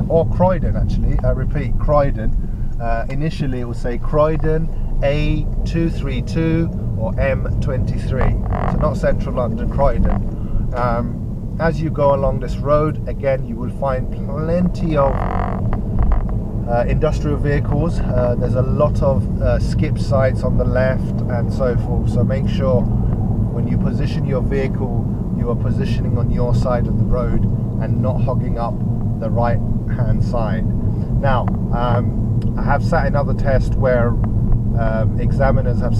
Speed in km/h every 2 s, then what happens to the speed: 11, 15, 19, 24, 24, 19, 23, 27, 31, 32, 34, 35, 35, 35, 35, 37, 35, 35.
0-6 speeds up to 24. 6-11 steady at about 24. 11-21 speeds up to 35. 21-36 steady at about 35.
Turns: 0-6.